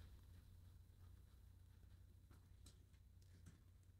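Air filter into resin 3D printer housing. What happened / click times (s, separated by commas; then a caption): Handled, not yet home: the air filter is slid toward its slot / none. A plastic air filter unit is slid by hand into its slot on a Uniformation GKTwo resin 3D printer, meant to slide and lock into place. A steady low hum runs under light scraping and tapping, with a sharper tap near 2.7 s and another around 3.5 s. The clip ends before the filter goes home, so nothing has seated or locked yet.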